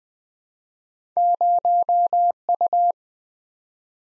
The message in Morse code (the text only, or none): 0U